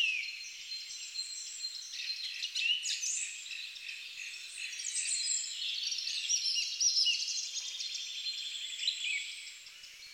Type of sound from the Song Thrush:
song